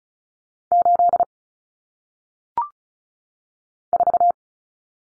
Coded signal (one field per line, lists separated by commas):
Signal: Morse code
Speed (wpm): 34 wpm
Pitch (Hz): 700 Hz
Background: none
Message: 8 4